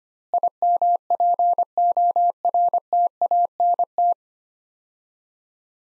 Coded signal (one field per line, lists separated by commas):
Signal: Morse code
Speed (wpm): 25 wpm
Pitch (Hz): 700 Hz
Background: none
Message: IMPORTANT